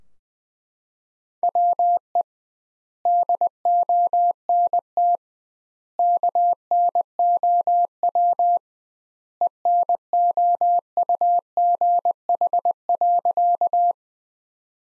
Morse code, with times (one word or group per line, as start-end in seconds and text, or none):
1.4-2.2 WE
3.1-5.2 DONT
6.0-8.6 KNOW
9.4-13.9 ENOUGH.